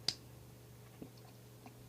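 A plastic torso panel on a transforming robot toy is lifted, pushed over the hood section and pressed down; it does not stay down on the first push. A sharp click at 0.1 s marks the panel snapping into place, followed by a faint low thump near 1.0 s and a soft tap at 1.7 s. The panel is seated, holding the torso together.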